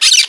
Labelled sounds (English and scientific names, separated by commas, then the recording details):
Brown-throated Parakeet (Eupsittula pertinax) contact call
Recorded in Margarita
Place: San Francisco, near stadium
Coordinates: 11.018, -64.294